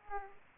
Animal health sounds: mosquito wingbeat signal from an infrared sensor; Aedes aegypti

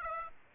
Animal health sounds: mosquito wingbeat signal from an infrared sensor; Aedes aegypti

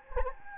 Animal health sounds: mosquito wingbeat signal from an infrared sensor; Anopheles gambiae

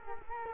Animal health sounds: mosquito wingbeat signal from an infrared sensor; Culex quinquefasciatus

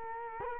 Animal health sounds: mosquito wingbeat signal from an infrared sensor; Culex quinquefasciatus

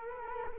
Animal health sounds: mosquito wingbeat signal from an infrared sensor; Culex quinquefasciatus

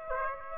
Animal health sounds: mosquito wingbeat signal from an infrared sensor; Aedes aegypti

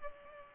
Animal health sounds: mosquito wingbeat signal from an infrared sensor; Culex pipiens

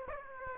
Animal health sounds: mosquito wingbeat signal from an infrared sensor; Aedes aegypti

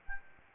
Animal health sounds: mosquito wingbeat signal from an infrared sensor; Aedes albopictus

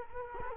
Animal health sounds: mosquito wingbeat signal from an infrared sensor; Culex quinquefasciatus

